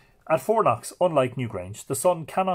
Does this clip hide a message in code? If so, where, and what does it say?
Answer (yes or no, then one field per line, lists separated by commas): no